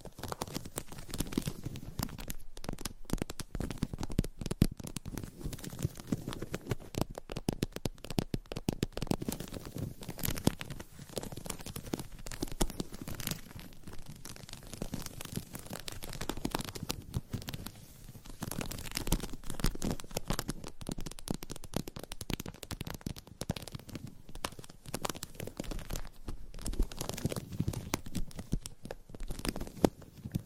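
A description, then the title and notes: Continuous scratching and rubbing on a surface, dense and uneven, with brief taps and quick strokes throughout, mostly low and rough. ASMR Surface Scratching - Tapping - Tracing. Asmr No Talking.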